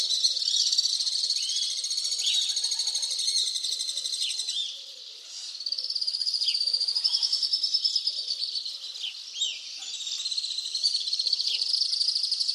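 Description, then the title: Alpine swift song, shrill rapid trills in long runs, briefly weakening twice before surging again. "Le chant du martinet à ventre blanc"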